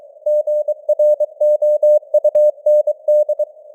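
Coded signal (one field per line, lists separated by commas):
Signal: Morse code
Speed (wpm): 23 wpm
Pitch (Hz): 600 Hz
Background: none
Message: GROUND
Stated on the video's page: Morse news headlines at 23 wpm with simulated radio noise and varying signal strength (QSB); experimental.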